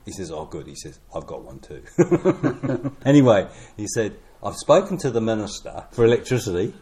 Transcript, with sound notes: He says, “Oh good”, he says, “I’ve got one too.” [Chuckles] Anyway, he said, “I’ve spoken to the Minister for Electricity”,